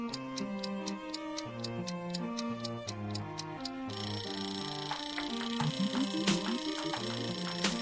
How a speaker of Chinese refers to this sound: 乒乓球继续打下去，来来回回，来来回回。